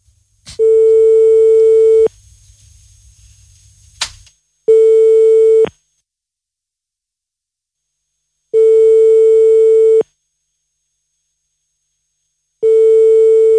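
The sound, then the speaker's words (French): A telephone ringback tone of a call placed on the Trace FM radio 'Hotline des cocoteurs': a steady, mid-pitched electronic hum sounds in four evenly spaced bursts of about a second and a half, each followed by a long silence, with a click between the first two. “Compose le numéro de téléphone, on appelle ce soir”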